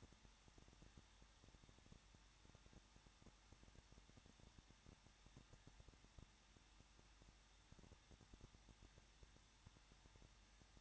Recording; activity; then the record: daily activity, microphone in the room; no activity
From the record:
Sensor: 3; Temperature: 21.2 degrees Celsius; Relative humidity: 36.3%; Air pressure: 1006.3 hPa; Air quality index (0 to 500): 222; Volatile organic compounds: 41 ppm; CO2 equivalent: 3166 ppm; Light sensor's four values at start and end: 2/3/2/2 and 2/3/2/2